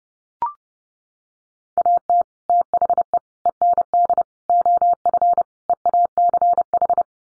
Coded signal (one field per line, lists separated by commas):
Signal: Morse code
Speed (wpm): 30 wpm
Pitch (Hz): 700 Hz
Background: none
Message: AT THE END OF EACH